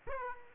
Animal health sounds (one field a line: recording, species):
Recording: mosquito wingbeat signal from an infrared sensor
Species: Aedes aegypti